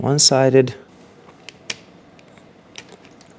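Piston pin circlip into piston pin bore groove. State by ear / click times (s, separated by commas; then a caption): seated / 1.7 s. Someone talks briefly, then a wire circlip is pushed by hand into the groove of the piston pin bore on a piston of a 1978 Suzuki GS 550 motorcycle, with a rag placed to catch it. A faint tick at 1.5 s leads into a sharp metallic click at 1.7 s as the clip seats, followed by a few softer ticks. The circlip snaps into the groove and is seated.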